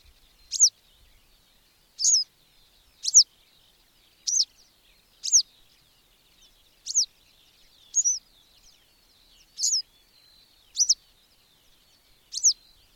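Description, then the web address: Bird giving sharp, very high notes that slur downward, repeated roughly every second, over a faint steady high-pitched hiss. "madarak enek"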